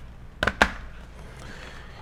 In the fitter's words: and click that one into place as well